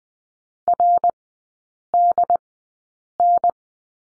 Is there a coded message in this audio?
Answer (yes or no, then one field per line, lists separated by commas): yes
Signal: Morse code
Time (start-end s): 0.7-3.5 s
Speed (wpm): 20 wpm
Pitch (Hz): 700 Hz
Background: none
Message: RDN